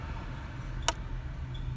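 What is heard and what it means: A new cartridge oil filter element for a 2007 Chevy Cobalt is pushed by hand into the filter cap housing during an oil change. Over a low steady rumble, one sharp pop is heard at 0.9 s as the element seats into place.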